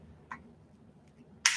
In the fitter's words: clicks the second click means we're engaged and as we turn the